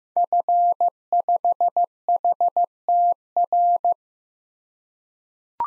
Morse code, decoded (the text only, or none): F5HTR